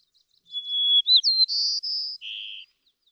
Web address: songs White-crowned Sparrow